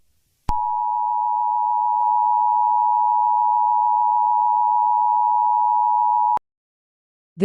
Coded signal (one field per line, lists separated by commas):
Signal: Emergency Alert System (SAME) tones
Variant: 853 and 960 Hz attention tone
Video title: EAS Alarm #2: Monthly Test